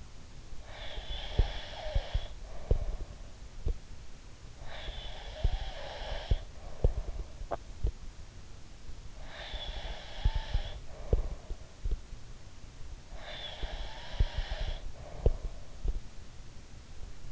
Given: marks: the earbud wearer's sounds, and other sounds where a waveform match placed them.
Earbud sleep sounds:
sounds in sleep by an in-ear microphone; breath, teeth grinding
0.59-3.31 s: breath
0.93-3.78 s: sound from someone else or the room
4.57-7.38 s: breath
4.86-7.44 s: sound from someone else or the room
7.38-7.93 s: teeth grinding
9.14-11.75 s: breath
9.50-12.04 s: sound from someone else or the room
13.12-15.51 s: breath
13.60-16.00 s: sound from someone else or the room

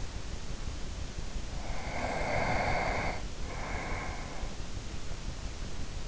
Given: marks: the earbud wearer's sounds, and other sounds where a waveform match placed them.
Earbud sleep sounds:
sounds in sleep by an in-ear microphone; breath
1.90-4.63 s: breath

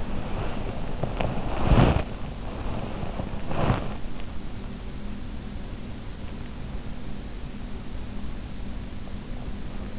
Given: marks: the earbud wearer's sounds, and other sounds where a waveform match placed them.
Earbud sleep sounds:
sounds in sleep by an in-ear microphone; body movement
0.00-3.97 s: body movement

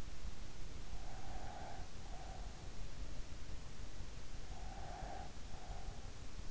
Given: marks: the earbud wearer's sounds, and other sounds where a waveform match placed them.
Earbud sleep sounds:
sounds in sleep by an in-ear microphone; breath
0.66-2.61 s: breath
4.25-6.29 s: breath

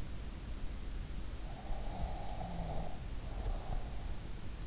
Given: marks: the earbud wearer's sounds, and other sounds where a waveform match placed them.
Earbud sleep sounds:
sounds in sleep by an in-ear microphone; breath
1.27-4.23 s: breath

